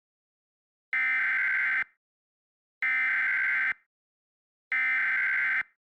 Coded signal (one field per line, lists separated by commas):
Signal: Emergency Alert System (SAME) tones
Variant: header bursts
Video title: EAS Scenario: Civil Fire